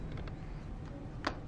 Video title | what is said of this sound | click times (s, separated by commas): Using the Boom Pole & Microphone | and once it's clicked in we know that it is secure | 1.3 s